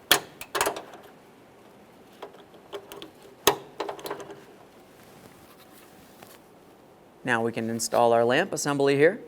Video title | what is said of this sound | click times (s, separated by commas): How to Replace Rear Assist Camera 2013-2020 Ford Fusion | Just go ahead and line them up, press them in, listen for a click from each. | 0.1 s, 3.5 s